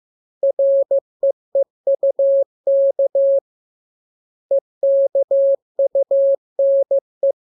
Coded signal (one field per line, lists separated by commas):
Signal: Morse code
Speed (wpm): 15 wpm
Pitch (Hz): 550 Hz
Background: none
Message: REEUK EKUNE